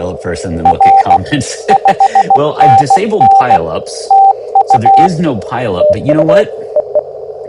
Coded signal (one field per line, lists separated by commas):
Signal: Morse code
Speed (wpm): 16 wpm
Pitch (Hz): 780 Hz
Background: speech, radio noise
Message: R 5NN TU